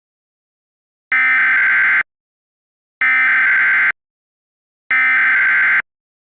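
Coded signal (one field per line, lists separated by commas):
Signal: Emergency Alert System (SAME) tones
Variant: header bursts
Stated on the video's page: Fictional scenario alert.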